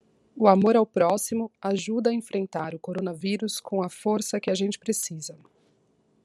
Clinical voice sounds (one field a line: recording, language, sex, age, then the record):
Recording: spoken sentence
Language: Brazilian Portuguese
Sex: female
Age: 40 to 49 years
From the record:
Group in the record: control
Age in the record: 40 years